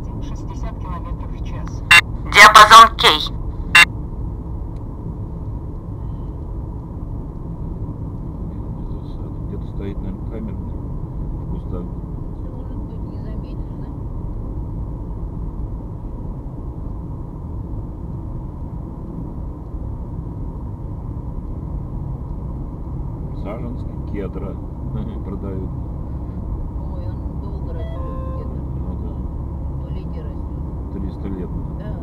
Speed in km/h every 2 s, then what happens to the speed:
48, 48, 48, 47, 47, 47, 47, 47, 47, 47, 48, 49, 49, 50, 51, 51.
0-32 steady at about 48.